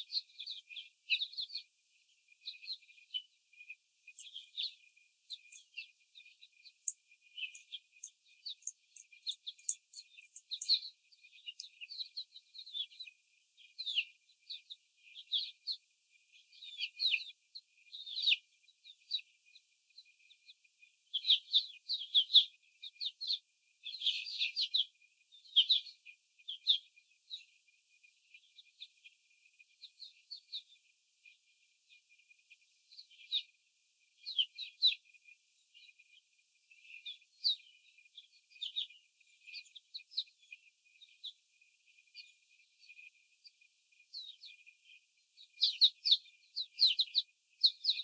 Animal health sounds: young laying hens in a cage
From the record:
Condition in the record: after the stressor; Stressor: simulated dog barking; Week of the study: 4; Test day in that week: 3

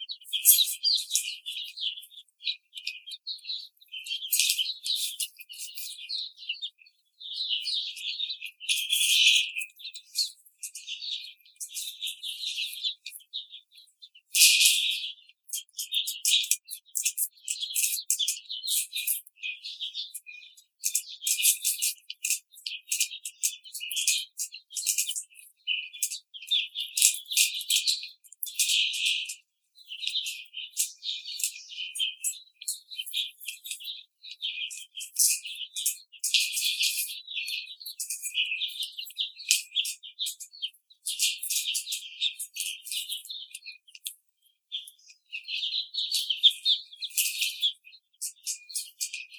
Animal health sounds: young laying hens in a cage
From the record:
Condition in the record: treatment cage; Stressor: simulated dog barking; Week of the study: 5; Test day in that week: 1

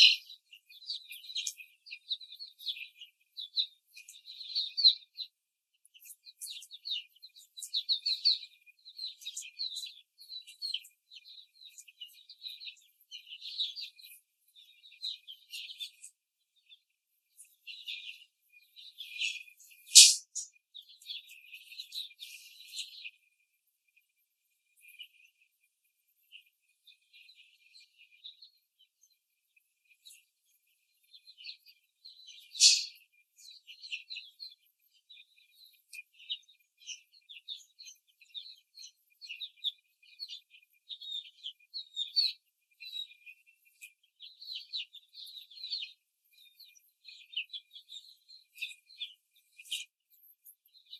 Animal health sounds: young laying hens in a cage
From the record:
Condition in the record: before the stressor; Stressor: simulated dog barking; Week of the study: 3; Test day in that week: 2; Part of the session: 1

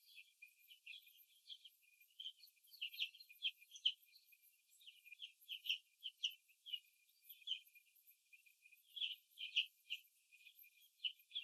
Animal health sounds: young laying hens in a cage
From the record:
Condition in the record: before the stressor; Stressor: simulated dog barking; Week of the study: 2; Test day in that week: 3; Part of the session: 1

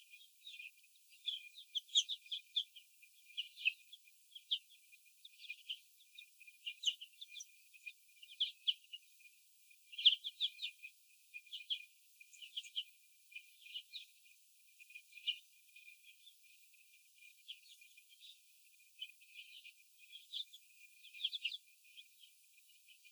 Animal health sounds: young laying hens in a cage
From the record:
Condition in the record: after the stressor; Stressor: sudden umbrella opening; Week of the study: 2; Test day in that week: 1

